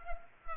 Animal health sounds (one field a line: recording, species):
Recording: mosquito wingbeat signal from an infrared sensor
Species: Culex pipiens